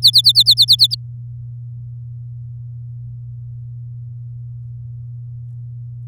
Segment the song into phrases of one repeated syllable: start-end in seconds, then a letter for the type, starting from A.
0.02-0.95 A